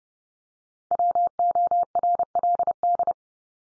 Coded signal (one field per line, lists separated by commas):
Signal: Morse code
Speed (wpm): 30 wpm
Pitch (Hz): 700 Hz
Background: none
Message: WORLD